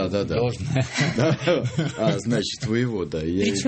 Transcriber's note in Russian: смеется